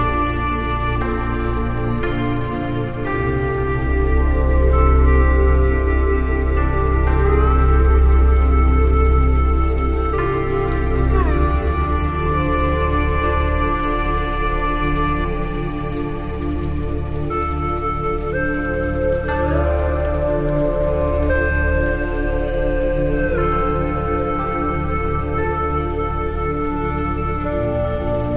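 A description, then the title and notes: Gentle Chinese-inspired music plays over a steady bed of soft rain. Long sustained tones hold in the low and middle range while a slow melody shifts note every few seconds, with occasional gliding pitches. The loudness stays even throughout, swelling slightly around five to ten seconds. Chinese Inspired Sleep Music with Gentle Rain Sounds.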